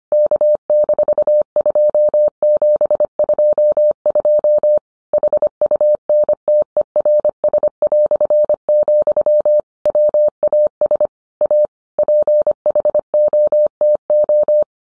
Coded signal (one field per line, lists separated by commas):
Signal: Morse code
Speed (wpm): 25 wpm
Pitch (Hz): 600 Hz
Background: none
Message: K-2722 HUNTERS", WAS A PHOTO